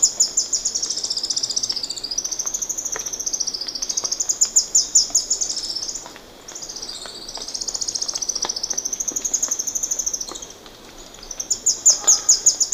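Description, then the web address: Red-faced spinetail singing long, high, rapid trilled series that waver slightly in pitch, broken by two brief pauses. Ecuador. "Birds of Ecuador Red-faced Spinetail"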